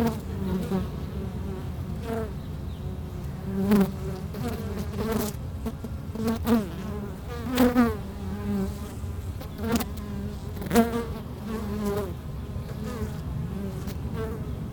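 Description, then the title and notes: Honey bees droning steadily, with many short louder buzzes and sharp taps from bees arriving and leaving throughout. Hive entrance in the bee pavilion of a botanical garden in Meise, Belgium; microphones placed at the hive entrance. "Meise, Belgique - Abeilles - Bees. Pavillon des abeilles, micros placés à l'entrée de la ruche. Meise, botanical garden. Pavilion bees, microphones placed at the entrance of the hive"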